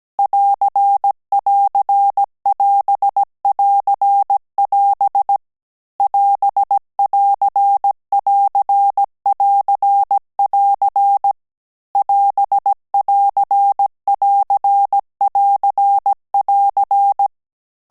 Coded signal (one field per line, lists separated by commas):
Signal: Morse code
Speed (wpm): 17 wpm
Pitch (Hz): 800 Hz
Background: none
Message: <AR><AR><AS><AR><AS> <AS><AR><AR><AR><AR> <AS><AR><AR><AR><AR>